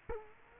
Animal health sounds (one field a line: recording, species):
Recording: mosquito wingbeat signal from an infrared sensor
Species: Culex quinquefasciatus